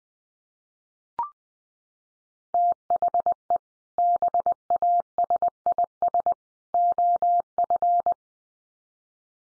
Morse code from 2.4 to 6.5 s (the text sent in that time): THE BASIS